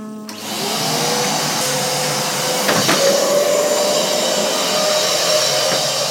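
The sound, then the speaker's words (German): A vacuum cleaner switches on and runs with a steady, loud whooshing roar and a faint rising whine, broken by a couple of brief clicks or rattles as it thoroughly sucks up crumbs of an organic rice cake from the floor. “saugt sehr gründlich mit dem Staubsauger die Krümel einer Bio-Reiswaffel direkt vor unseren Füßen auf.”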